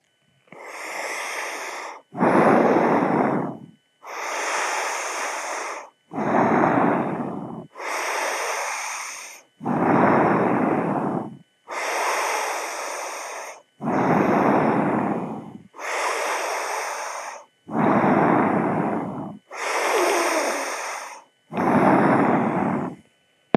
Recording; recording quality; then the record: deep breathing; excellent, no background noise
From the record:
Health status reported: exposed to COVID-19, no respiratory illness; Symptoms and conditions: cough, fever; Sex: male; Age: 51 years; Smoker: not ticked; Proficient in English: yes